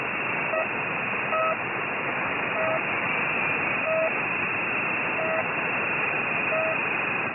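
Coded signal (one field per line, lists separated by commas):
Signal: channel marker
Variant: The Pip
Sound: short identical pips about every 1.3 seconds, six in all, over hissy radio static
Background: radio static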